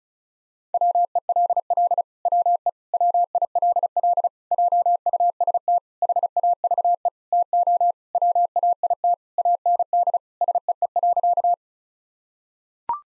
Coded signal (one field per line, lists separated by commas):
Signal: Morse code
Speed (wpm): 34 wpm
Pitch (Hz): 700 Hz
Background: none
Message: WELL WE WILL JUST HAVE TO WAIT AND SEE.